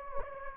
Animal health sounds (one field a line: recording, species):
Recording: mosquito wingbeat signal from an infrared sensor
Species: Anopheles gambiae